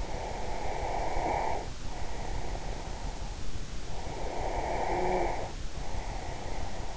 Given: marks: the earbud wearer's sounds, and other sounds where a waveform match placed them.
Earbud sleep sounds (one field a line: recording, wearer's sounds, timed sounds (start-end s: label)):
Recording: sounds in sleep by an in-ear microphone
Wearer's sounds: breath, snoring breath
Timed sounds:
0.10-3.22 s: breath
4.05-6.97 s: snoring breath